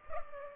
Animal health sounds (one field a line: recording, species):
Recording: mosquito wingbeat signal from an infrared sensor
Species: Culex pipiens